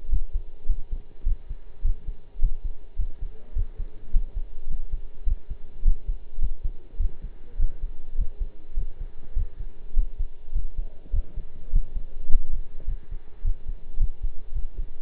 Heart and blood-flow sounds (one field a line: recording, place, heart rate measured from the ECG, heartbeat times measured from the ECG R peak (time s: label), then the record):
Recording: heart sounds by stethoscope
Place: between the tricuspid and mitral areas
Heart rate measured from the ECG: 104 bpm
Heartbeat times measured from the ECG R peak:
0.11 s: heartbeat
0.68 s: heartbeat
1.26 s: heartbeat
1.84 s: heartbeat
2.41 s: heartbeat
2.98 s: heartbeat
3.55 s: heartbeat
4.13 s: heartbeat
4.69 s: heartbeat
5.26 s: heartbeat
5.84 s: heartbeat
6.41 s: heartbeat
6.99 s: heartbeat
7.59 s: heartbeat
8.17 s: heartbeat
8.76 s: heartbeat
9.35 s: heartbeat
9.96 s: heartbeat
10.54 s: heartbeat
11.12 s: heartbeat
11.72 s: heartbeat
12.30 s: heartbeat
12.87 s: heartbeat
13.44 s: heartbeat
13.99 s: heartbeat
14.54 s: heartbeat
From the record:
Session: pedaling a stationary bicycle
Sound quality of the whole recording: partially saturated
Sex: male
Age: 23 years